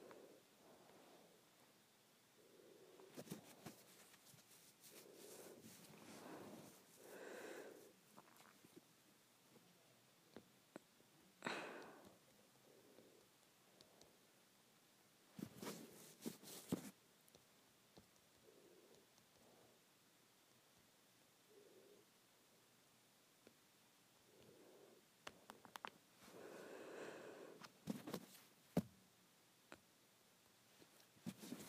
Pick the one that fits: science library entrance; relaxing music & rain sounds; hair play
hair play